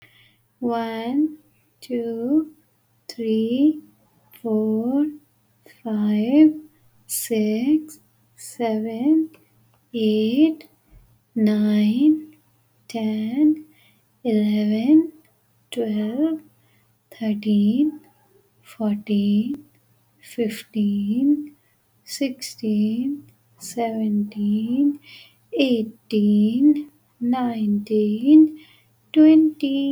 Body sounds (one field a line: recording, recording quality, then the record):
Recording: counting at a normal pace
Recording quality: excellent, no background noise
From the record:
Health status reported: healthy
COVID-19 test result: negative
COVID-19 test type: RT-PCR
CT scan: not taken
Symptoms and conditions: none ticked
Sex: female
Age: 21 years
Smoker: no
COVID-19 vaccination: one dose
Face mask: not worn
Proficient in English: yes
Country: India